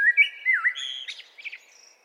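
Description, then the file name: Common blackbird song, one short phrase of mellow, warbled fluting notes that rise into a thin, squeaky twitter at the end. "Turdus merula"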